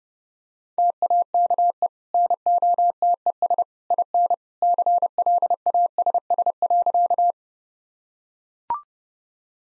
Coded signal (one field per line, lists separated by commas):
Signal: Morse code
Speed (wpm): 30 wpm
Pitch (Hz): 700 Hz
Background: none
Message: TAKE NOTES IN CLASS.